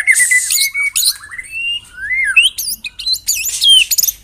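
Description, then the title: White-rumped shama song of long sliding whistles, rising and falling slurs and bright looping notes, mixed with short harsh bursts. White-rumped shama song used as a lure (pikat). "Pikat Murai Batu"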